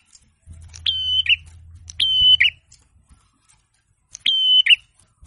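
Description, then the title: Prinia song: three high whistled phrases with burry endings, the first two close together over a low steady hum, the third after a pause. Masteran training recording of a young forest prinia singing continuously, ngalun-style gacor song. "prenjak kepala merah. prenjak atas. cemplir, muda hutan gacor ngalun tanpa henti"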